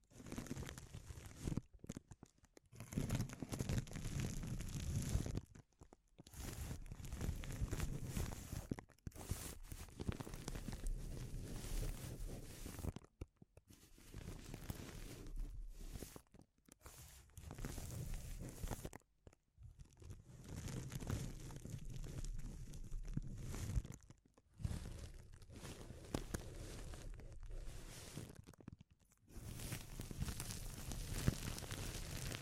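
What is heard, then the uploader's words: Crinkling with a soft, crackly texture comes in bursts of a few seconds, separated by brief near-silent pauses roughly every three to five seconds. Within each burst the rustle is dense and busy, with a low rumbling underneath and fine crackle on top. ASMR Sensitive Crinkles (No Talking).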